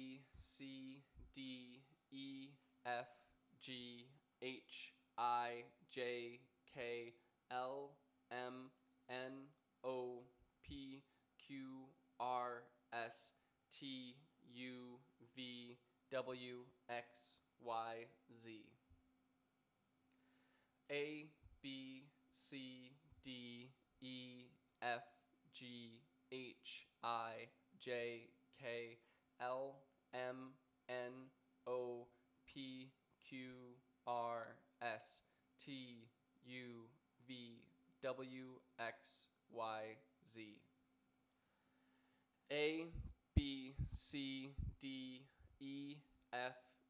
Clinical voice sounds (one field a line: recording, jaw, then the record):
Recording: letters of the alphabet, spoken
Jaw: free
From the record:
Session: first day, before the bite bar